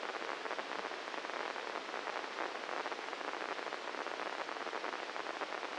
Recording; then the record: brain microelectrode recording played as sound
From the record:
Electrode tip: inside the subthalamic nucleus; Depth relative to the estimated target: -1 mm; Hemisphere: left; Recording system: NeuroSet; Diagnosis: Parkinson's disease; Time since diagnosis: 9 years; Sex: male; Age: 56 years